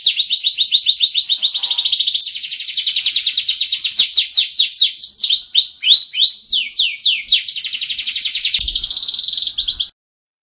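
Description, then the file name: Canary singing a long, fast trilled phrase of high rolling notes, changing to slower downward-sweeping notes midway, then back to rapid trills before stopping abruptly. Standard-type canary song. "suara kicauan kenari standar. omkicau"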